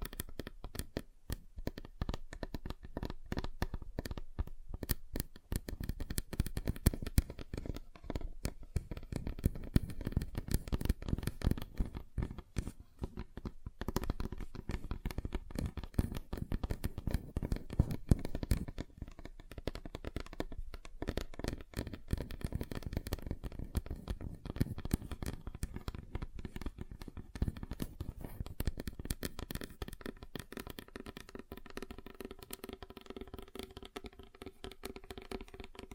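Fingers tap rapidly and densely on a table, the dull knocks blending into a continuous patter that shifts tone and softens toward the end.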